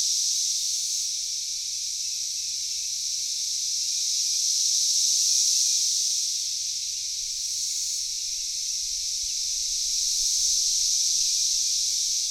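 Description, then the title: Cicadas in a dense, high, hissing chorus that swells and fades in slow waves, with no other clear sounds. Cicadas calling in a backyard in Knoxville, Tennessee, USA. "3619 Alpine Dr SE, Knoxville, TN 37920, USA - Backyard Cicadas"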